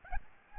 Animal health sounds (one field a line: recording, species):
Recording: mosquito wingbeat signal from an infrared sensor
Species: Aedes albopictus